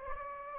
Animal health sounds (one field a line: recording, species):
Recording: mosquito wingbeat signal from an infrared sensor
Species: Anopheles gambiae